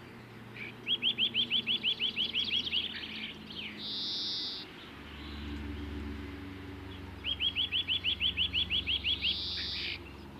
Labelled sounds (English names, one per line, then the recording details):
European Greenfinch song
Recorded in the wild
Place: Oberstdorf, Bayern, DE
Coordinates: 47.446, 10.3002
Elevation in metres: 953
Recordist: Tretzel, Erwin